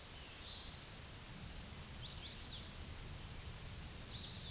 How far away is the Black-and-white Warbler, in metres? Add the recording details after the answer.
about 35 m. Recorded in a Pennsylvania forest on 19 May 2023 at 12:52. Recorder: AudioMoth, point grid1_20_low. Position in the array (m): 74 m, 193 m